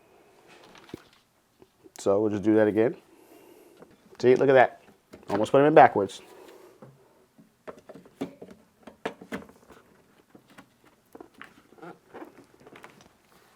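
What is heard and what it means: Someone talks while RAM modules are handled over the motherboard DIMM slots, with a few short handling taps and knocks. The modules have not been pressed home on both ends yet, so nothing has seated and no retention clip has clicked.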